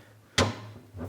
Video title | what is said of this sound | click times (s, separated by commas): Hobart A200 Mixer Repair And Rebuild | no excellent now this is how this thing works it kind of locks into place like that and then | 0.4 s